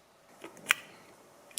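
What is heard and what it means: A piece of welding wire is held under tension in the bottom of a hole in a Honda CB360 motorcycle carburetor while an adjusting screw is turned in. After a few faint ticks, a sharp, loud metallic snap at 0.7 s marks the wire releasing and slipping free of the carburetor lock. A smaller tick follows near the end.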